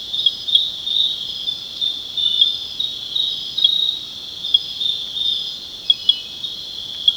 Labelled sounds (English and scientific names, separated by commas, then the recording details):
none
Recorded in secondary vegetation near Puerto Asís, Putumayo, Colombia, on 19 February 2024 at 02:00
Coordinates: 0.472, -76.331
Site G6371